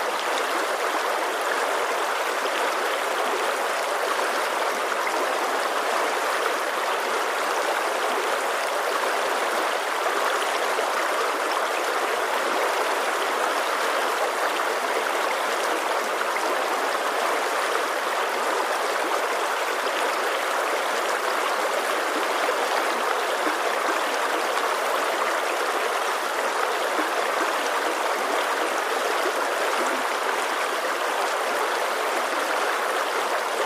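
A mountain stream runs steadily and close by, a dense rushing hiss with fine bubbling and trickling detail throughout. The sound stays even for the whole stretch, bright and airy, with almost nothing in the deep lows and no other sounds intruding.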